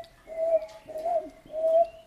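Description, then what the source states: Yellow-bellied toad calls, three soft, melodious hooting notes, evenly spaced. Calls described as a melodious 'uhuhu' tone, the origin of the German name 'Unke'.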